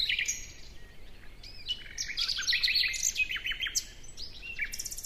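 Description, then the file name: Common nightingale song of rapid, tumbling chirps and slurred whistles, rising and falling, ending with a short, fast rattle. "Luscinia megarhynchos"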